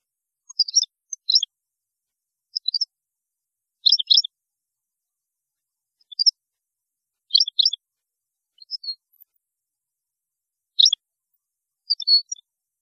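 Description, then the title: European goldfinch giving short, sparse high twittering bursts, a few tinkling notes every second or two with quiet gaps between. "Chant Chardonneret"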